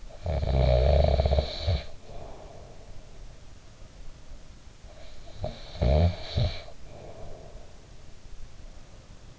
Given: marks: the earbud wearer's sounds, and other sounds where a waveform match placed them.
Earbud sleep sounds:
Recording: sounds in sleep by an in-ear microphone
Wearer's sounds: snoring breath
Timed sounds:
0.00-3.18 s: snoring breath
4.90-7.82 s: snoring breath

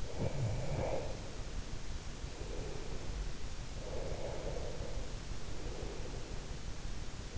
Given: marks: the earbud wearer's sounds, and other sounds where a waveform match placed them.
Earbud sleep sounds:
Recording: sounds in sleep by an in-ear microphone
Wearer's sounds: breath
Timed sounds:
0.00-3.26 s: breath
3.78-6.53 s: breath

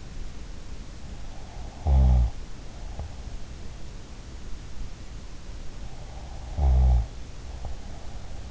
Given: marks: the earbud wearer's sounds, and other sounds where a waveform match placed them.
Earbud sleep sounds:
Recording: sounds in sleep by an in-ear microphone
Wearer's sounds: snoring breath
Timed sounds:
1.60-3.25 s: snoring breath
6.03-8.51 s: snoring breath

